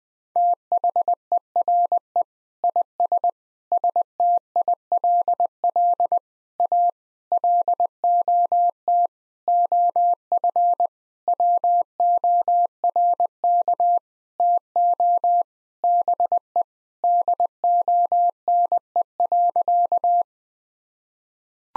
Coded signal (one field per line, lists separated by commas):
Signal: Morse code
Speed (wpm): 20 wpm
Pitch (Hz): 700 Hz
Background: none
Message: THERE IS STILL A LOT OF WORK TO BE DONE.